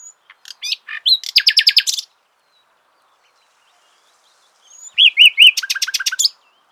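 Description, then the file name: Common nightingale song in two phrases separated by a silent gap: scattered chirps leading into a rapid repeated series, then a few slurred notes followed by another fast repeated series. "Luscinia megarhynchos"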